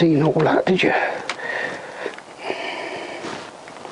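A motorcycle bodywork panel is being handled toward its mount on a CBR1000F while someone talks, with a few faint handling knocks around 2.1 and 3.8 seconds. The panel has not seated or clicked into place yet.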